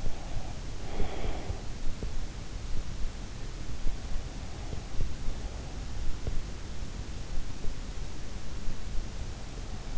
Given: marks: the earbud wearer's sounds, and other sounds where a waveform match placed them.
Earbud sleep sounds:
sounds in sleep by an in-ear microphone; breath
0.00-1.55 s: breath

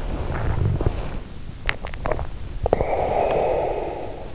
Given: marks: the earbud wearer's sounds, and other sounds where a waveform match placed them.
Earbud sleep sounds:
sounds in sleep by an in-ear microphone; body movement, swallowing, breath
0.00-1.48 s: body movement
1.48-2.39 s: swallowing
2.69-4.29 s: breath

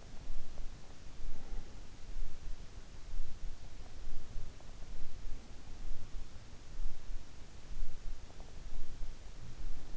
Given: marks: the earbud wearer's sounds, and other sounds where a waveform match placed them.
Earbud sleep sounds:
sounds in sleep by an in-ear microphone; breath
0.00-2.09 s: breath

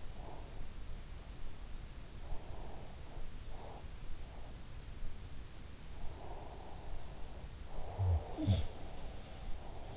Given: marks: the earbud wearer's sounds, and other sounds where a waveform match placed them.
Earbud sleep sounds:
sounds in sleep by an in-ear microphone; breath
0.00-0.88 s: breath
2.21-4.65 s: breath
5.98-9.56 s: breath
7.88-8.73 s: sound from someone else or the room

